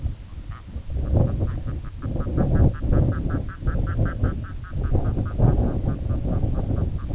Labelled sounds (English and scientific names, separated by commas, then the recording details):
Red-throated Loon (Gavia stellata), unidentified sound
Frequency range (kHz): Red-throated Loon (Gavia stellata) 0.2-3.5 kHz
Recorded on Arctic tundra, site IGLO-A, on 17 June 2018
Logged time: 19:59